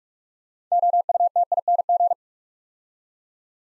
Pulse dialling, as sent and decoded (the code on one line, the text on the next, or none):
none